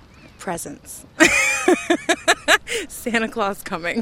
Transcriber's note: laughter